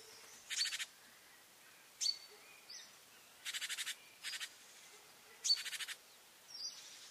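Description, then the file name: Great tit calls: short buzzy rattling churrs and a few high ticks, spaced irregularly over a steady background hiss. "Parus major"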